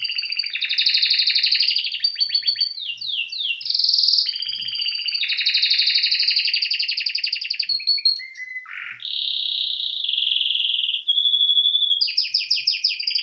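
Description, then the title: Domestic canary singing a long, loud medley of fast rolling trills, sweeping slurred notes and brief low dips, one phrase following another without a break. Male Belgian canary singing a lot, used to warm up a young canary. "Canary Training Esquente Seu Filhote E Canario Belga Macho Cantando Muito"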